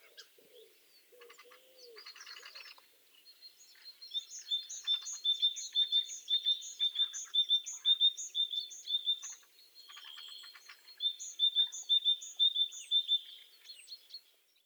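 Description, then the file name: Great tit singing a long series of repeated two-note phrases, about twice a second. "Parus major"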